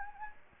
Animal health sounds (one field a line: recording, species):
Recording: mosquito wingbeat signal from an infrared sensor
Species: Anopheles gambiae